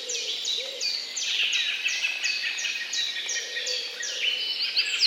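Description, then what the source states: Bird chorus of rapid, high, overlapping chirps and descending notes, with a faint lower warble at times. Morning birdsong.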